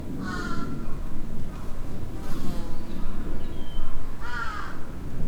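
Bird giving a few harsh, caw-like harmonic calls over a steady loud low rumble.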